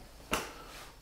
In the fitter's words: den hebel so weit bis es hörbar einrastet